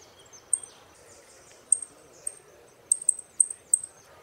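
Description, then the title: Saffron finch producing thin, piercing chip notes, scattered early and then bunched into a rapid run of several in the last second and a half, with light background noise. "Jilguero Argentino"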